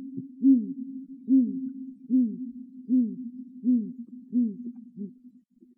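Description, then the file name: Great grey owl giving a steady run of seven deep hoots, spaced just under a second apart. Recorded at Myrskylä, Finland, on 18 March 2006. "Strneb Myrskyla"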